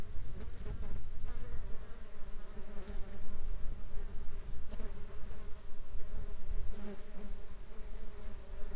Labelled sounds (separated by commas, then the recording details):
insects
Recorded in the Arctic National Wildlife Refuge, Alaska, on 19 July 2021 at 12:17
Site 33